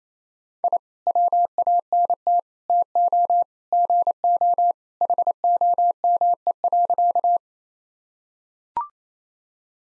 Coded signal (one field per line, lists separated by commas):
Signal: Morse code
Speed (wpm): 27 wpm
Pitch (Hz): 700 Hz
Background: none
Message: I WANT TO GO HOME.